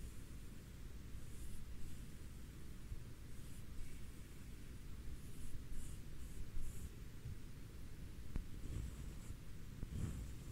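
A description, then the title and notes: A comb or brush scrapes steadily across fabric, making a dense, continuous rustle with a heavy low rumble underneath. Brighter, hissy strokes flare up in short bursts around two, four, six and ten seconds, with a few sharp ticks near the end. BRUSHING TEXTURE ASMR NO TALKING, BRUSHING COMB SOUND, ASMR FABRIC BRUSHING.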